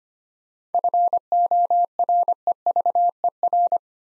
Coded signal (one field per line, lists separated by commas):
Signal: Morse code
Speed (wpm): 25 wpm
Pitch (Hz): 700 Hz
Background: none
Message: FOREVER